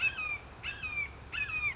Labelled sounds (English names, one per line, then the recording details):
Red-shouldered Hawk
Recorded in Sonoma County, California